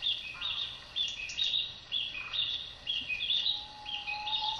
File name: キビタキの囀り